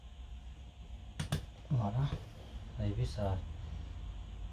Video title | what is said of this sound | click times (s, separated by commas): Néttoyage et Remontage démarreur Golf Partie 2,Golf starter cleaning and reassembly Part 2 | Donc, on va faire tout doucement comme ceci. Parce que ça se clipse dedans. | 1.2 s, 1.3 s